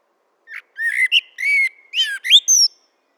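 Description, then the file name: Eurasian blackbird song phrase of low fluted whistles that waver and slur, closing with a rising thin squeak. "Turdus merula"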